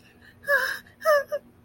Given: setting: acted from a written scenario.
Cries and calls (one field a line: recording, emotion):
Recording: vocal sound without words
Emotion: fear